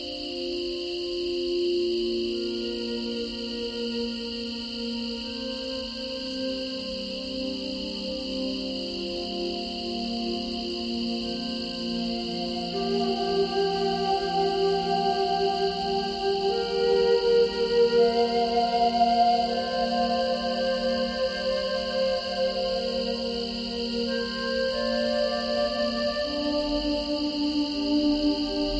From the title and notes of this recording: … - Native American Flute with Nature Sounds.